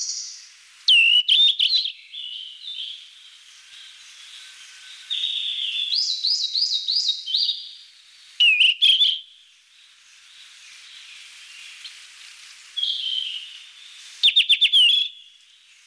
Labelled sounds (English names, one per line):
Yellow-rumped Flycatcher song